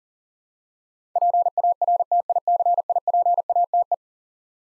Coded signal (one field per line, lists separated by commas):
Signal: Morse code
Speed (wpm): 40 wpm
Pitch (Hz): 700 Hz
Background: none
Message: PARTICIPATE